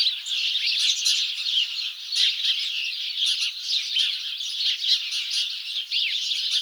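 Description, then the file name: House sparrow flock chattering loudly, overlapping chirps with a few sharper, squawky notes standing out from the steady chorus. "Passer domesticus"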